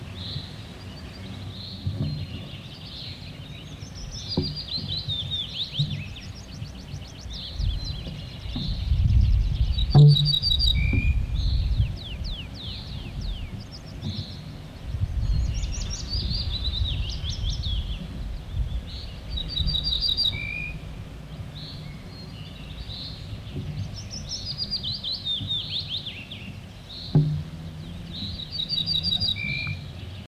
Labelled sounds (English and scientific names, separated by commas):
Ortolan Bunting (Emberiza hortulana) song